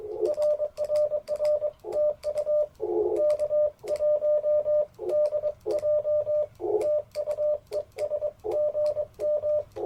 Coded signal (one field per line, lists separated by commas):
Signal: Morse code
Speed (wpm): 22 wpm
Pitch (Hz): 590 Hz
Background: none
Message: RRR TU K1DJ TU ES GM